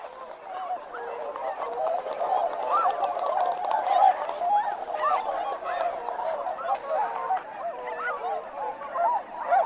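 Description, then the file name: Swan flock giving dense, overlapping trumpeting honks, a steady noisy chatter of many birds with no pauses. "hakutyou"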